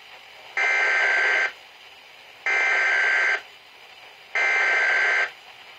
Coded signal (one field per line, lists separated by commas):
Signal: Emergency Alert System (SAME) tones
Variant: header bursts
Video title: Weatheradio Canada - EAS #3-6 - Wind Warning - 2/14/2014